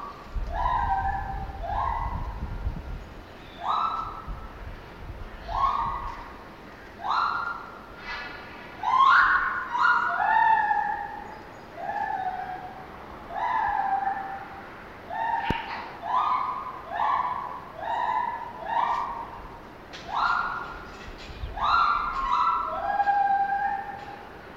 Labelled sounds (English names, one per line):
Lar Gibbon